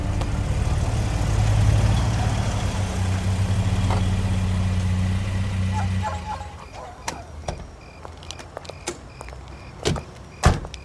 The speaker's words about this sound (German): Eine halbe Stunde später saßen sie in Bobs Wagen und fuhren durch die abendlichen Straßen von Carino Beach. Es dauerte eine Weile, bis sie die Laguna Street fanden.